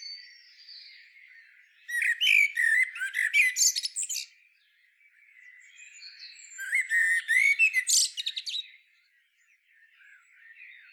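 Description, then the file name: Common blackbird delivering two separate bursts of dense, squeaky chatter, each about two seconds long, with faint thin notes between them. "Turdus merula"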